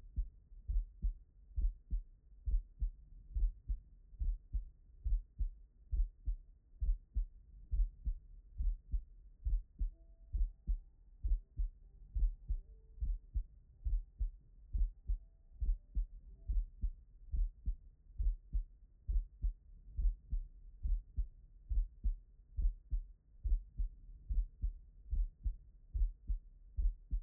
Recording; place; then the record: heart sounds by stethoscope; tricuspid valve (TV)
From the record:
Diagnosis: non-HFrEF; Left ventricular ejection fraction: 56%